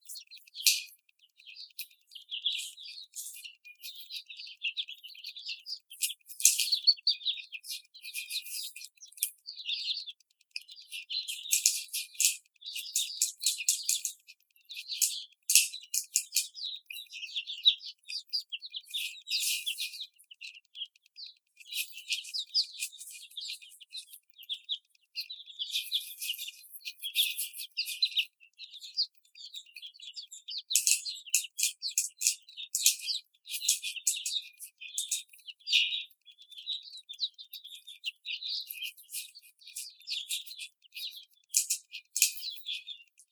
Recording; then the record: young laying hens in a cage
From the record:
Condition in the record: after the stressor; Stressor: simulated dog barking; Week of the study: 4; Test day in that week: 2